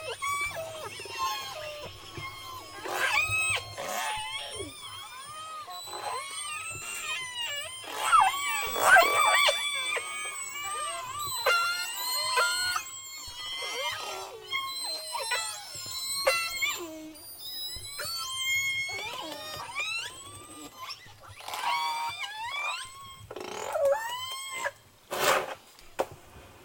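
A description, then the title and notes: A passing superpod of orcas fills the underwater recording with overlapping squeals, whistles and sweeping calls, rising and falling through the whole stretch. Sharp clicks and bursts crowd in from several animals at once, and a faint low hum sits steadily underneath. Superpod northbound at Orcasound Lab on a smokey night. The Southern Resident Killer Whales have visited Haro Strait.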